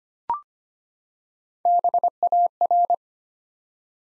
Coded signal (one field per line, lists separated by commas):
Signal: Morse code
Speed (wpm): 25 wpm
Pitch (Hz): 700 Hz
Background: none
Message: BAR